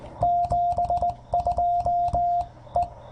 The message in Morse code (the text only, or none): 72 E